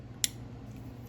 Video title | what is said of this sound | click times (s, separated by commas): Non-Metallic Ceramic Blade Multitool Overview | it clicks into place so there's no way that blade is going to accidentally come out | 0.2 s